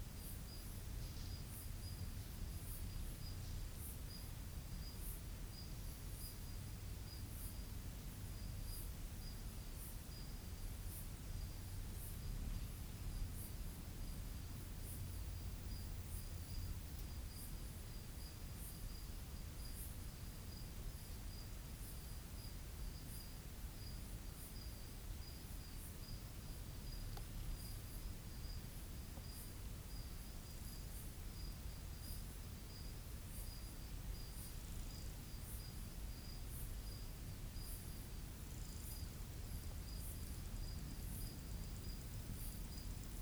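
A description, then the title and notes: A summer night in the bush, thick with the hum of cicadas and crickets. A steady high insect whine holds throughout, while a very bright chirp pulses at a quick, even pace over it. A soft low rumble sits underneath, and the level never changes. It's a summers night in the bush on Ngarigo land. The summer hum of cicadas and crickets.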